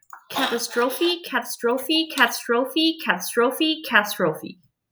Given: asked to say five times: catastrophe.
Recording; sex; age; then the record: repeated word; female; 30 to 39 years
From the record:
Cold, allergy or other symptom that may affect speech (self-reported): no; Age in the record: 34 years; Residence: Virginia, United States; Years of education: 15